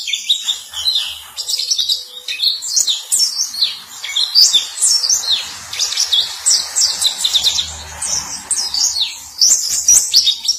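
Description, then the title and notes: White-eye giving a lively high twittering song, rapid downslurred and upslurred notes in repeated bursts throughout. Sweet long song. "Kicau Burung Pleci ampuh. suara burung pleci merdu panjan"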